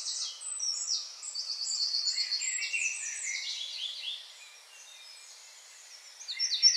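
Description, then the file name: Eurasian Wren song: an energetic high trilling cascade for about four seconds, a brief quieter pause, then another burst of sharp notes at the end. "Troglodytes troglodytes"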